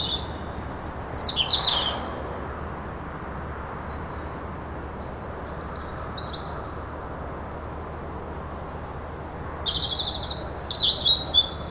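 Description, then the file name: European robin song: a high, tumbling phrase of slurred notes, a quiet soft interval, then several more sharp, twinkling high phrases near the end. "Erithacus rubecula"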